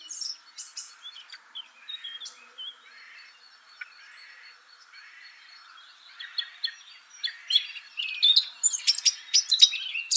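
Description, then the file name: Eurasian blackcap warbling in scattered soft high notes for several seconds, then breaking into a louder, fast, chattering and fluty phrase near the end. "Sylvia atricapilla"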